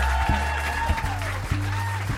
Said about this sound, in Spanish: Tenemos aquí a Jay Anthony. También un aplauso que se escuche para Jay Anthony.